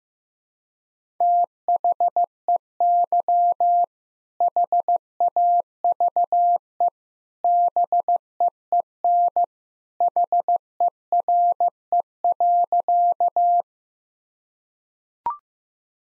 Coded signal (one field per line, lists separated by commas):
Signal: Morse code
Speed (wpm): 15 wpm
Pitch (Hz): 700 Hz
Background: none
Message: THEY HAVE BEEN HERE.